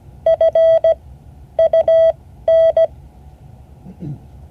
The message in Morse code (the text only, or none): FUN